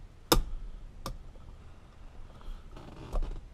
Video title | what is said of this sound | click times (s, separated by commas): E28 Momo hub install Pt. 3: Finishing up! | should snap right into place | 0.3 s